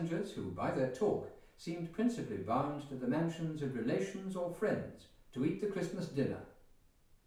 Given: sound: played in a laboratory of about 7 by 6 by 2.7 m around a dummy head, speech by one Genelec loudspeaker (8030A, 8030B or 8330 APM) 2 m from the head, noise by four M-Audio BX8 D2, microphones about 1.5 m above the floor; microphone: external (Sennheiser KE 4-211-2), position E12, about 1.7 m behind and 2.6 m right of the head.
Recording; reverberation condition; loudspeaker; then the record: male speech in English; medium; 90 degrees to the left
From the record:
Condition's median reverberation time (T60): about 510 ms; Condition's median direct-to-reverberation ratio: about -0.5 dB